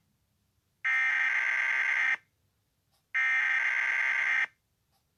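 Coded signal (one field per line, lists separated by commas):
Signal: Emergency Alert System (SAME) tones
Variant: header bursts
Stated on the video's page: Fictional EAS scenario.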